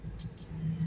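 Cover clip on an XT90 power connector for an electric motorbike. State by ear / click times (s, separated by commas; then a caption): seated / 0.8 s. The plastic cover clip on a soldered XT90 power connector for an electric motorbike is pressed closed until it locks. A low hum runs under faint ticks, then a short sharp click comes at 0.8 s as the cover snaps shut and seats.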